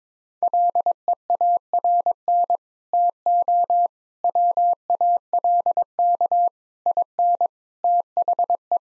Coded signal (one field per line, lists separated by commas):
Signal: Morse code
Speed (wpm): 22 wpm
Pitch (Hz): 700 Hz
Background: none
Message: LEARN TO WALK IN THE